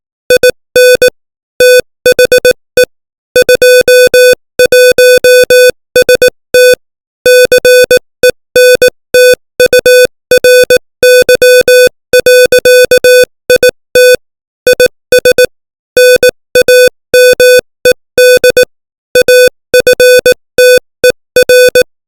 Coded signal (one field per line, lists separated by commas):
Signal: Morse code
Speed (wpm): 18 wpm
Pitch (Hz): 500 Hz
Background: music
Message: IN THE 21ST CENTURY.IT IS NAMED AFTER